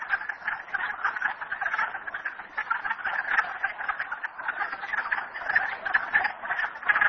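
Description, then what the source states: Frog chorus of continuous overlapping trills, fast pulses blending into a constant rattling drone with small swells in loudness. Recorded at Merryspring.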